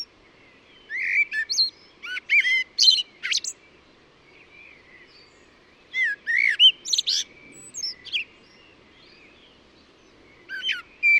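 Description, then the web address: Bird singing phrases of high chirps and downslurred whistles, spaced by quiet gaps. "cianscape birddata Deverinetal 2025 Bird Only Tu Me Tu Me"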